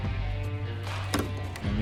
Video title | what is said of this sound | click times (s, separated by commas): Bronco Soft Top Removal and Install | go back lock into place and this is what the soft top looks like in the fully open position | 1.1 s, 1.6 s